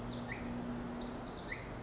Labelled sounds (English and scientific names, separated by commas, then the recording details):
Pacific Wren (Troglodytes pacificus)
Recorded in Sonoma County, California